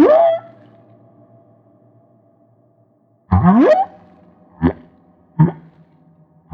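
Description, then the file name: Humpback whale song: a rising whoop, then a pause, then a loud upswept groan followed by two short grunts. Maui. "Humpback Whale - Maui Whale One"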